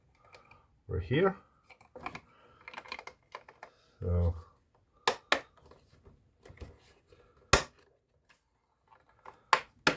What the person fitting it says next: everything clicked in place